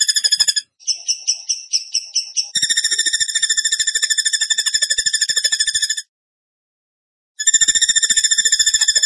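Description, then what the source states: Bird song: rapid, evenly pulsed high trills with stacked bright tones, broken by short pauses and one longer silence before the trill resumes. Masteran (training recording) of bird song in tembakan gacor style.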